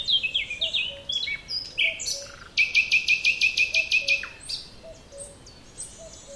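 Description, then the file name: Common nightingale song: varied whistled notes, then a loud, very regular series of about ten broad notes, trailing into softer high chirps. "Luscinia megarhynchos"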